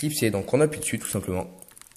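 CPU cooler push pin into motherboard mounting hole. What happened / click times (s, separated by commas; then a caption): The push pin is being pressed but has not yet clicked home / none. A CPU cooler push pin is being pressed down into a motherboard mounting hole while someone talks, followed by a few faint, sharp ticks near the end. Nothing has seated or clicked yet.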